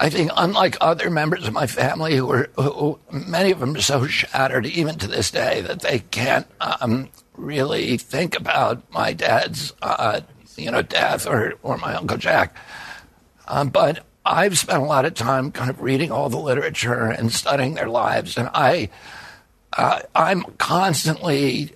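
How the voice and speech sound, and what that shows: Adult male speaking with the gravelly voice of spasmodic dysphonia (spasmodic dystonia), a neurological disorder caused by an injury at age 42 in 1996, in which signals make the vocal cords tighten up all the time. His voice became more reliable after surgery in Kyoto, Japan about 8 months earlier.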